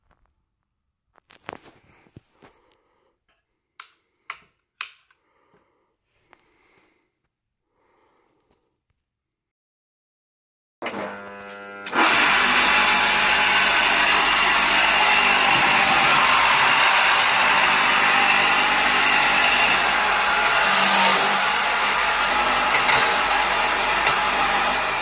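A Soviet-era potato grating machine sits quiet at first, with scattered clicks and knocks over the first nine seconds. Near eleven seconds it starts with a brief rising whir, then settles into a loud, steady, dense roar and hiss that runs unbroken to the end.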